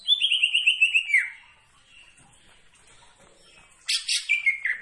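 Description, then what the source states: Greater Green Leafbird song: a rapid run of whistled notes that ends in a downward slide, a quiet pause, then a fresh burst of varied whistles. Bird singing actively, described as gacor.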